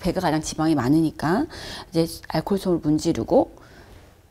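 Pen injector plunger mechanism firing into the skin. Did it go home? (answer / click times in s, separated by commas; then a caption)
no / none. Someone talks while preparing a disposable Wegovy injector pen, set to the first-step 0.25 dose with the cap removed, after swabbing the belly with alcohol. The pen has not yet been pressed against the belly, so nothing has clicked or seated yet. The speech fades into quiet near the end.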